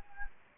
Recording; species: mosquito wingbeat signal from an infrared sensor; Anopheles gambiae